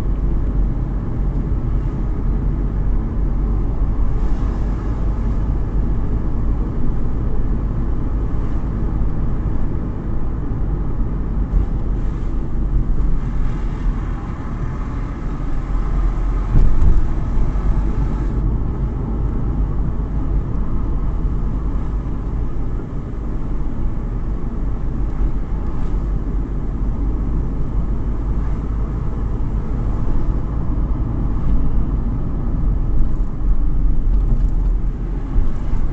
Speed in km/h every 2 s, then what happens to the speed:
35, 36, 40, 39, 40, 35, 32, 33, 38, 39, 36, 37, 37, 38, 41, 37, 32, 32.
0-9 steady at about 39. 9-11 brakes to 32. 13-17 speeds up to 39. 17-28 steady at about 37. 28-32 slows to 32.